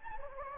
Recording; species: mosquito wingbeat signal from an infrared sensor; Anopheles gambiae